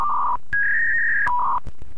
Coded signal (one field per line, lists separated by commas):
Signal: fax machine handshake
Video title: Fax machine sound effect